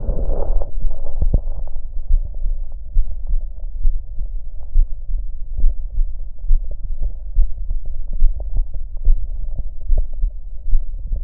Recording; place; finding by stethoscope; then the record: heart sounds by stethoscope; aortic valve (AV); normal heart sounds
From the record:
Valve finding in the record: normal valve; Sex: female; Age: 43 years